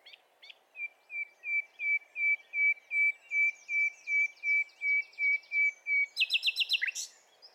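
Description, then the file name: Common nightingale song: a swelling series of about fifteen pure whistled notes on one pitch, then a harsh, rapid flourish. "Luscinia megarhynchos"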